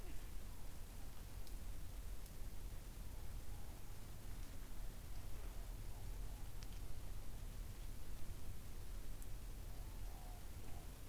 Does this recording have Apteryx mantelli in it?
no